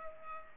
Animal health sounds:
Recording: mosquito wingbeat signal from an infrared sensor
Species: Culex pipiens

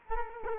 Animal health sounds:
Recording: mosquito wingbeat signal from an infrared sensor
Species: Culex quinquefasciatus

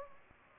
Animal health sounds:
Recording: mosquito wingbeat signal from an infrared sensor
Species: Anopheles gambiae

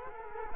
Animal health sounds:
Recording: mosquito wingbeat signal from an infrared sensor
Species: Culex quinquefasciatus

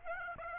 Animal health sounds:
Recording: mosquito wingbeat signal from an infrared sensor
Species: Aedes aegypti

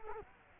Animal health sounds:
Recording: mosquito wingbeat signal from an infrared sensor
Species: Culex quinquefasciatus

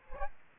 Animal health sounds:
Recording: mosquito wingbeat signal from an infrared sensor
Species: Culex quinquefasciatus

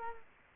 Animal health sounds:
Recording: mosquito wingbeat signal from an infrared sensor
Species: Culex quinquefasciatus

